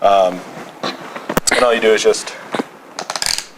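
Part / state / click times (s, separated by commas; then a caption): ratchet buckle tensioner on motorcycle boot strap / seated / 3.0 s, 3.1 s, 3.2 s, 3.3 s, 3.4 s. Someone talks while the plastic ratchet tensioner on the instep strap of a SIDI street motorcycle boot is tightened. It gives a quick series of ratchet clicks at about 3.0, 3.1, 3.2, 3.3, 3.3 and 3.4 seconds. The tensioner clicks tight and locks in place.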